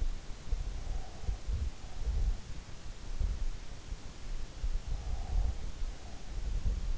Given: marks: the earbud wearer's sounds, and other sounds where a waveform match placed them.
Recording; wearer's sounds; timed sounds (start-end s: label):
sounds in sleep by an in-ear microphone; breath
0.51-2.55 s: breath
4.74-6.76 s: breath